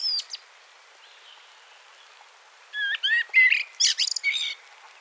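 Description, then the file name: Common blackbird: a brief high note, a quiet gap of over two seconds, then a run of whistled and squeaky notes. "Turdus merula"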